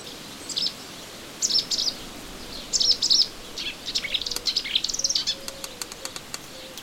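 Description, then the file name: Melodious warbler song, short high warbled phrases in separate bursts, then a quicker chattering sequence with scattered clicks toward the end. Recorded in a garden on 25 June 2017. "Orpheusspötter 2017 06 25 Garten"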